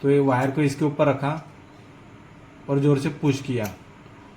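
A wire is placed on a spring-lever terminal connector and pushed in hard while someone talks. Only speech is heard, with quiet pauses between phrases. Nothing has seated or clicked yet.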